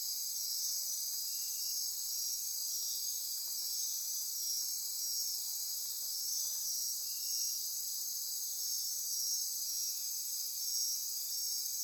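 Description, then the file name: Insect chorus, dense high trills and pulsing buzzes from numerous callers running continuously. Insect chorus recorded at midnight near Corcovado. "Wind-is-the-Original-Radio-Fridays 20240628 Andy-Martin Midnight-Insect-Chorus-Near-Corcovado"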